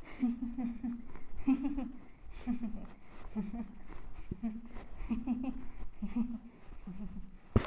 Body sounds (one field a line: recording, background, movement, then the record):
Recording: laughter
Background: quiet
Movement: walking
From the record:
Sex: female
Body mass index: 22.6 kg/m2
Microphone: on the chest, facing the body